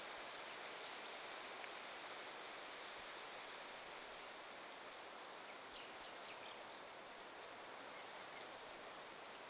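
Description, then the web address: Eurasian wren young calling with faint, piercingly high begging notes, given in an uneven string against a soft natural background. Fledglings begging, 9 August 2026. "paivat 9 8 2026 peukaloisen lentopoikaset kerjaavat"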